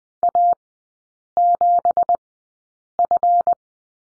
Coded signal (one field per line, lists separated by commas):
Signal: Morse code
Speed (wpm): 20 wpm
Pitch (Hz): 700 Hz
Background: none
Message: A7F